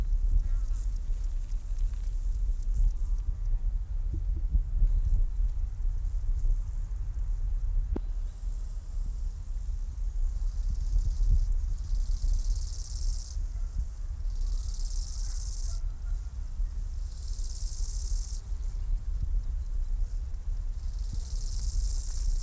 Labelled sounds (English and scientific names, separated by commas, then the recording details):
Upland Field Grasshopper (Chorthippus apricarius) stridulation
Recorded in the wild
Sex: male
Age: imago
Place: Botanische Anlage Blankenfelde, Berlin, DE
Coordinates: 52.603, 13.4
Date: 1993-08-15 11:20
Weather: sonnig, 24-28°C
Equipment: Marantz CP 430, Sennheiser ME 80, Kopie Uher Variocord 263
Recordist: Tembrock, Günter